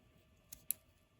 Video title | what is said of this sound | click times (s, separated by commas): GEM how to replace the band | And that'll just lock into place. | 0.7 s